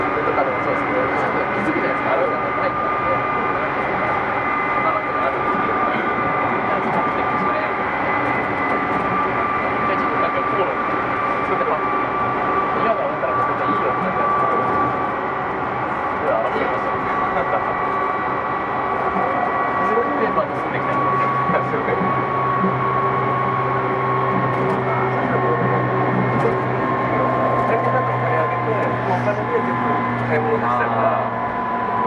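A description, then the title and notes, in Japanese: A Tokyu 2000 series train on the run from Shibuya to Azamino, with a steady rumble of running noise and a thin motor whine holding a constant pitch throughout. Murmured voices drift in, and a deeper hum joins after about twenty seconds. 東急2000系 渋谷〜あざみ野。急行運用を録音。ステンレス鋼製20m級軽量車体の4扉車である。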